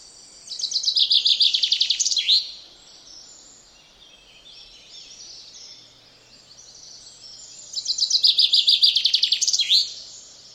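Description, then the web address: Common chaffinch song, two descending trills about seven seconds apart, each closing with a sharp flourish. "Deverinetal 2025"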